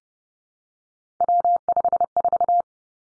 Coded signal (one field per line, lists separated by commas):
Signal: Morse code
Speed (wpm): 30 wpm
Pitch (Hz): 700 Hz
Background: none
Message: W54